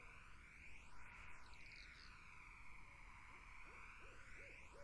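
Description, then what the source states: Barred Owl: near the end, a few looping owl hoots rise and fall in quick succession, set against a continuous buzzing insect band and a swooshing hiss. Barred owls in a summer wetland; 8D audio.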